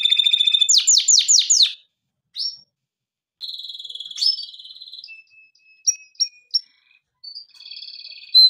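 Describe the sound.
Canary song opens with a fast rolled trill and several quick descending sweeps, then scattered short whistles and a steady buzzy note, with brief pauses between phrases.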